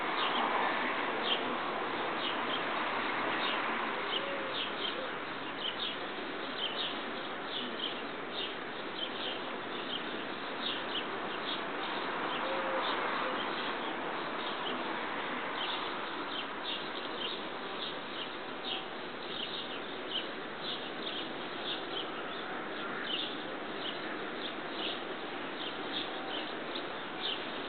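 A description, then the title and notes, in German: A group of bumblebees and hornets buzzes in a thick, steady drone that fills the whole clip. Short, bright ticks and chirps repeat at a quick, even pace above it, and the buzzing swells a little near the start and around the middle. Hummel-Hornissen-Gruppendynamik.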